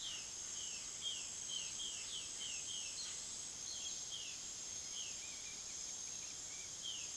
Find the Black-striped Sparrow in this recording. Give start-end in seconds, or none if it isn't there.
none